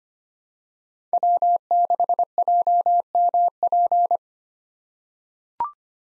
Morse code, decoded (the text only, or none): W6JMP